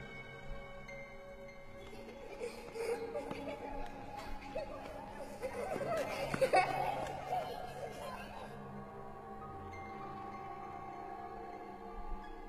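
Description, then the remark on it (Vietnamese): Children's laughter and chatter swell over a low steady background, peaking for a few seconds before fading away, as if a group hurries past. “Ở xung quanh đó, chỉ có tiếng trẻ con cười chạy vụt qua.”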